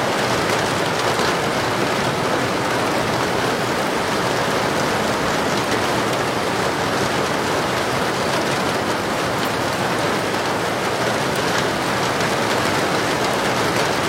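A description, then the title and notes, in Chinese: Rain falls steadily and drops strike a window, a dense, even patter with no pauses across the whole fourteen seconds. The sound is full, spread from a soft low rumble up to a bright hiss, with tiny ticks of individual drops throughout. 下雨天，雨滴打在窗户上。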